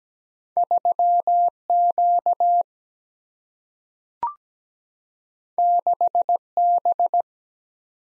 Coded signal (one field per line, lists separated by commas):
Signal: Morse code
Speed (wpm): 17 wpm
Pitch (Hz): 700 Hz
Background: none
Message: 3Q 6B